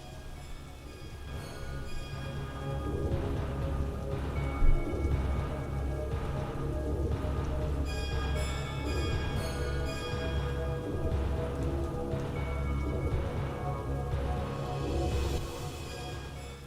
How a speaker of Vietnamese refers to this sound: Mưa càng lúc càng lớn, tiếng súng, tiếng mưa gió sấm sét, tiếng gào thét thê lương lẫn trong nước mưa dần dần gột rửa, ngọn lửa ngút ngàn cũng được dập tắt.